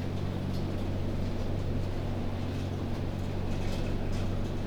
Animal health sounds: poultry house recording; no chicken sound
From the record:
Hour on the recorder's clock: 22

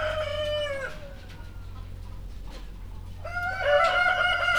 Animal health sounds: poultry house recording; healthy chickens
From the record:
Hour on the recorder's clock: 22

